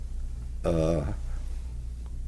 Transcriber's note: sighs